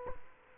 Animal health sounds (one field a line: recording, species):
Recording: mosquito wingbeat signal from an infrared sensor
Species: Culex quinquefasciatus